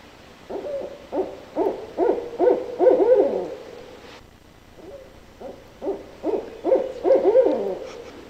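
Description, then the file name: Barred owl hooting in two rhythmic bursts of several throaty hoots each, the last note of each bout sliding downward into a drawl, with a quiet pause between. Recorded 9 June 2003; a set of 12 calls. "2003-06-09 BAOW-12 Calls"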